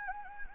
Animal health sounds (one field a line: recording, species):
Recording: mosquito wingbeat signal from an infrared sensor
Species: Anopheles gambiae